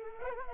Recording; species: mosquito wingbeat signal from an infrared sensor; Culex pipiens